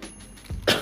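A short, low guttural rumble is followed straight away by a harsh, noisy push of air, all within under a second. This is a single deliberate, imitated throat clear by an adult woman with a summer cold, done to ease a tickle or itch in the throat that coughing does not relieve.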